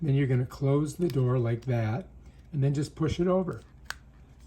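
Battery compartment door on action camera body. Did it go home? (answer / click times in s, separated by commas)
yes / 3.9 s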